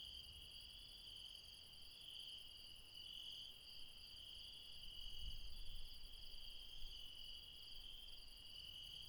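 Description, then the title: Night insects keep up a constant high-pitched trilling chorus with a gentle pulsing texture, over a soft low rumble. Late night, mountains, Refuge Krevatia near Dion, Greece. "Refuge Krevatia, Μπαρμπαλά, Dion 601 00, Greece - Late night mountain insects"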